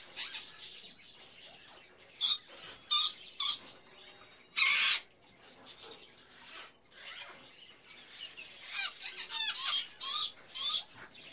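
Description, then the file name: Birds calling, several loud harsh squawks and a longer raspy call, then a run of squawks near the end over soft background chatter. Various birds in a pet shop, ambience. "Sound Ideas 2000 Series - Birds, Various Birds In A Pet Shop, Ambience"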